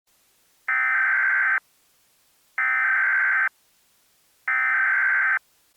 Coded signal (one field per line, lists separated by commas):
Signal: Emergency Alert System (SAME) tones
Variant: header bursts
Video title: (EAS Scenario) Shadowed Romance Part 1: Under Nightmare's Spell